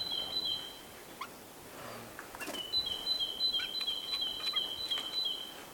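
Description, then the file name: Great tit song, a clear two-note whistled phrase alternating high and lower pitch, repeated rapidly in a steady run after a brief pause, with faint clicks and background hiss. "Parus major"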